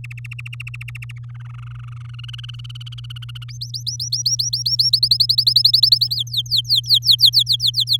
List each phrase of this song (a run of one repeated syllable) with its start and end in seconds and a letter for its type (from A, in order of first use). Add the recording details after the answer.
0.04-1.19 A, 1.23-2.15 B, 2.19-3.44 C, 3.48-4.90 D, 4.93-6.15 E, 6.16-7.97 F. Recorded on 6 May 2018 at 05:38. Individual llb16